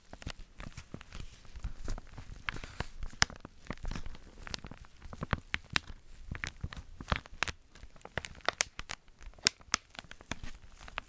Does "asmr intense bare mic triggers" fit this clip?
yes